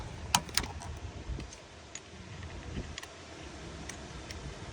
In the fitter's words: See, it just snaps into place right here.